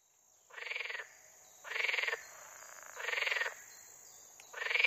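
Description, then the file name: Water frog repeating short, pulsed rattling croaks roughly every 1.4 seconds, four bursts in all, the last the loudest. "grenouille verte"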